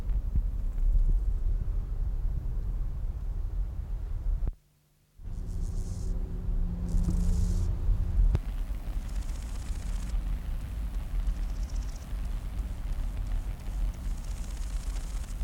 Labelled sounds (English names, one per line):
Large Gold Grasshopper stridulation